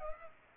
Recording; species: mosquito wingbeat signal from an infrared sensor; Culex pipiens